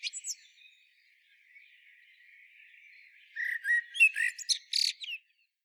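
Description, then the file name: Eurasian blackbird song: a few high notes at the start and a quiet warble, then a louder phrase of low warbled notes ending in a squeaky high flourish, then silence. "Turdus merula"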